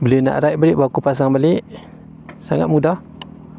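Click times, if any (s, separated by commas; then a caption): 3.2 s. A man talks over a low steady hum while a CarPlay display unit is refitted onto its quick-release cradle on a motorcycle and pushed home. A sharp, brief click sounds at 3.2 s as the unit locks into the cradle.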